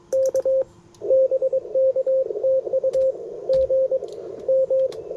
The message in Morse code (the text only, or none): K BK TU GM